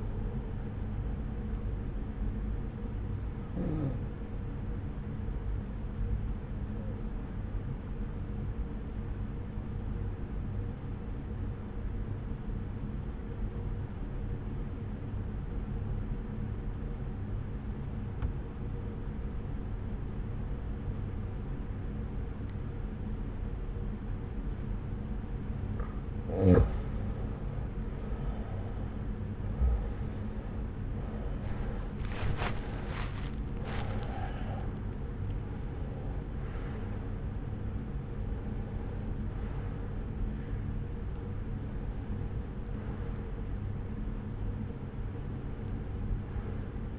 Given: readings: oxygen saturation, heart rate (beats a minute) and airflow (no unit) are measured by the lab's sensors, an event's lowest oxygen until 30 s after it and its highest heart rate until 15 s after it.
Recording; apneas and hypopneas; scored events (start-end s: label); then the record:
a person awake in a sleep study, by a smartphone at the bedside; 1
8.00-27.80 s: obstructive apnea (N1, oxygen 94% highest, then 90% lowest, heart rate 68 at the start, 80 highest)
17.00-46.99 s: new sleep stage, awake
22.00-46.99 s: awake
From the record:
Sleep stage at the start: N1 (lightest sleep); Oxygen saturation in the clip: 91 to 95%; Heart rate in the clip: 65 to 80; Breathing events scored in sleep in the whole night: 303 in 8.1 hours asleep